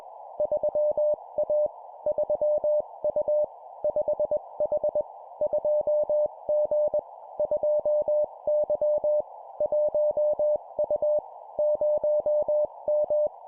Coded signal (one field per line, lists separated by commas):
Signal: Morse code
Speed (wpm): 21 wpm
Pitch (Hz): 600 Hz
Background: none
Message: 3A 3U 5H 2G 2Y 1U 0M